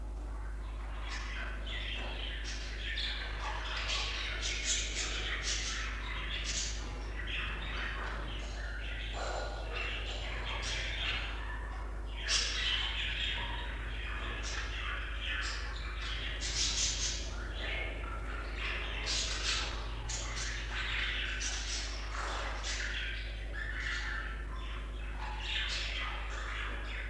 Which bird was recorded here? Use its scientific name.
Melopsittacus undulatus